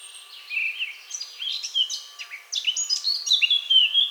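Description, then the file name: Eurasian blackcap song, a quick jumble of warbling notes leading to loud, pure whistled notes. "Sylvia atricapilla"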